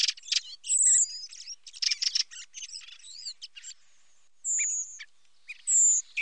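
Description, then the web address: Common blackbird calls: bursts of rapid clicking chips and chattering notes, with a few thin, high drawn-out whistles. Recorded at Sassello; recording filtered. "FILTERED MERLO. SASSELLO"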